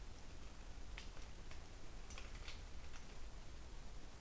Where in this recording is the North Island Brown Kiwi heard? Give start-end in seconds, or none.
none